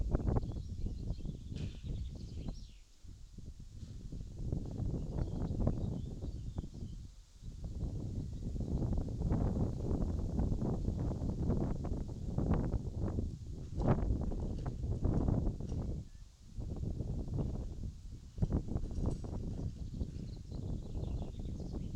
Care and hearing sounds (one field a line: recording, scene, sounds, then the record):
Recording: everyday scene through a hearing-aid microphone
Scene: wind on the microphone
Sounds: wind, other noises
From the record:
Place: in front of a rural house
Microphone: in the ear canal, left